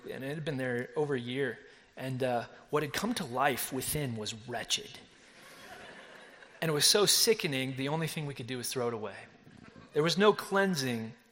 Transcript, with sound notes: It had been there over a year and what had come to life within was wretched. (Laughter!) It was so sickening that the only thing we could do was throw it away. There was no cleansing